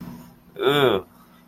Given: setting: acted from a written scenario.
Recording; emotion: vocal sound without words; embarrassment